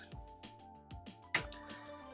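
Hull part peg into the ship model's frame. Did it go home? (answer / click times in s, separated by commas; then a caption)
yes / 1.4 s. A small peg on a hull part of a ship model is pressed into its hole in the model's frame and clips in, seating with a sharp click at 1.4 s. Soft knocks and taps come before and after it, over steady background music.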